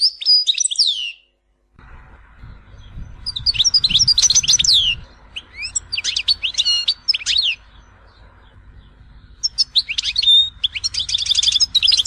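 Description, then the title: European goldfinch song: rapid tinkling, twittering phrases of high liquid notes and buzzy trills in bursts separated by short pauses, with faint low background hum. "Chant Chardonneret"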